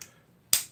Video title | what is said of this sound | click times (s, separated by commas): Building The Firstbourne! Part 3 | There we go. Snapped in place. | 0.5 s